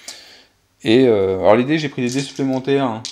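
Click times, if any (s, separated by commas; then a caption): 0.1 s. A plastic clip on a board game storage tray insert is pressed into place, and a short tick is heard at 0.1 s; it does not snap in fully but still holds. Someone talks over most of the clip.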